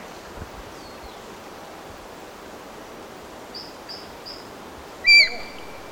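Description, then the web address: Solitary eagle giving a sudden sharp whistled note that fades into a short trailing tone, preceded by three faint high peeps amid soft hiss. Ecuador. "Birds of Ecuador. Solitary Eagle"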